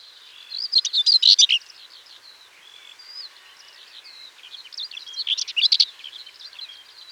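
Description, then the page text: Common whitethroat song: two short, scratchy, chattering bursts of rapid notes about four seconds apart, with softer scratchy notes between them. "Common Whitethroat Song. Quick Sounds"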